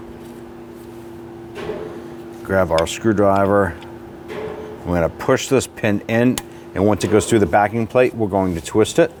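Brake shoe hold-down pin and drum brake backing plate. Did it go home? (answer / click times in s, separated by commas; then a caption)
no / none. On a 2011-2017 Nissan Quest parking brake, a brake shoe hold-down pin is lined up through the drum brake backing plate and brake shoe, before a screwdriver is used to push it in and twist it. Someone talks over quiet handling sounds and a steady low hum. Nothing has seated or clicked yet.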